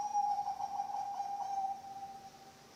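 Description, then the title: Zebra dove coo, a throbbing, evenly pitched trill already under way, tapering off after nearly two seconds into faint hiss. Bangkok-type zebra dove (perkutut bangkok) song, intended as masteran training audio for other birds and as a lure (pancingan). "mster Mnuk. SUARA OCEHAN BURUNG PERKUTUT BANGKOK Untuk MASTERAN dan PANCINGAN"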